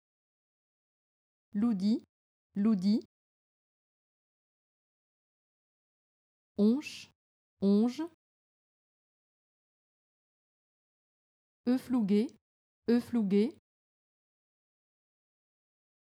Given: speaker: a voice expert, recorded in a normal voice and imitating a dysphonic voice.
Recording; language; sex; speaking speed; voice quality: pseudo-word pairs; French; female; fast speed; normal voice